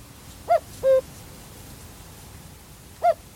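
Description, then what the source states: Common Cuckoo singing its two-note cu-coo, a higher note dropping to a lower one, then starting again. Male cuckoo, a summer migrant; recorded on a lowland heath in Staffordshire.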